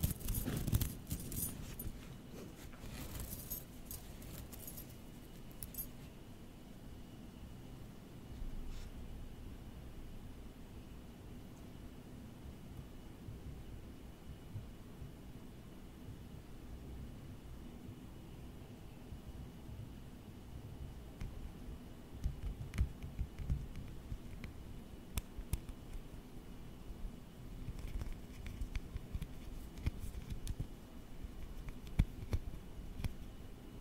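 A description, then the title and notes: Close-up tapping and tracing on office objects: a cluster of sharp, bright taps and rattles in the first six seconds, then a quieter stretch of soft scratching and light handling. Scattered crisp clicks return after about twenty-two seconds over a low, steady room hum. Close-up Tapping & Tracing Office Objects. Gusti was at the office and he found a lot of interesting objects to tap or to trace on.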